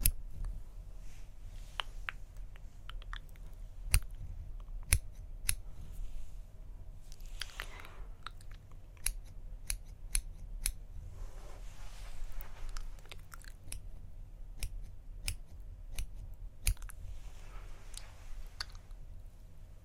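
Quiet plucking and touching sounds, heard as sharp little clicks and snips scattered irregularly every fraction of a second throughout. Soft brushing swells rise around the eight and seventeen second marks. Underneath runs a steady low hum.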